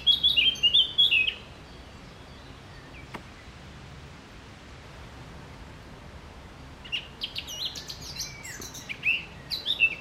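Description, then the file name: Eurasian blackcap song: a brief bright warbled phrase at the start, a long quiet stretch with a single click, then scattered chirps and whistles returning. "Sylvia atricapilla"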